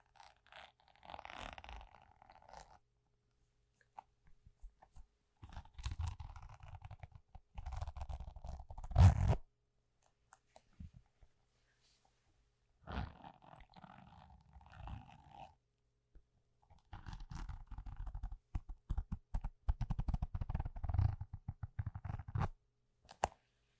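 Household objects are handled and rubbed, making rough scraping and crunching bursts with deep rumbling underneath and a steady mid-pitched buzzing tone. The sound comes in several stretches of a few seconds each, separated by silences, with sharp clicks and a loud knock near nine seconds.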